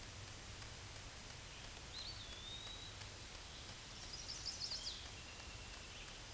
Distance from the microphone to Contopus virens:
about 45 m